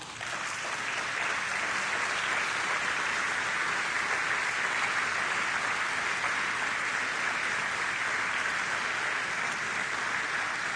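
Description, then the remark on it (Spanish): A church audience claps steadily and loudly for about ten seconds, a dense continuous wash of many hands with no voices standing out. “No estoy escuchando un aplauso.”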